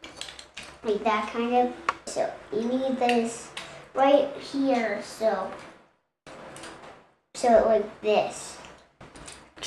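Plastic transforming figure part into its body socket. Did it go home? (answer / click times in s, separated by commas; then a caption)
yes / 9.3 s. Someone talks while handling a plastic Voyager-class transforming robot figure, with small plastic clicks and taps near the start. During transformation, a plastic section is pushed into position in its body socket and snaps into place with a short click at 9.3 s.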